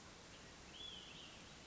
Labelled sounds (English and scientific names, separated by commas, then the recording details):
Olive-sided Flycatcher (Contopus cooperi)
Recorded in Sonoma County, California